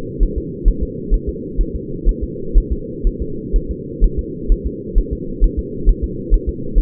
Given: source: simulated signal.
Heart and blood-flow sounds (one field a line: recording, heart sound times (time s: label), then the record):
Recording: fetal heart sounds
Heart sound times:
0.23 s: S1
0.38 s: S2
0.68 s: S1
0.83 s: S2
1.14 s: S1
1.29 s: S2
1.61 s: S1
1.75 s: S2
2.09 s: S1
2.24 s: S2
2.58 s: S1
2.72 s: S2
3.07 s: S1
3.22 s: S2
3.56 s: S1
3.71 s: S2
4.04 s: S1
4.19 s: S2
4.52 s: S1
4.67 s: S2
4.98 s: S1
5.13 s: S2
5.44 s: S1
5.59 s: S2
5.89 s: S1
6.04 s: S2
6.34 s: S1
6.49 s: S2
6.78 s: S1
From the record:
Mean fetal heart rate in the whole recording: 130 bpm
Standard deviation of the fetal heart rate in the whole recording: 4 bpm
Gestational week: 38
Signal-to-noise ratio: -4.3 dB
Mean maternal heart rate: 72 bpm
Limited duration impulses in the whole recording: present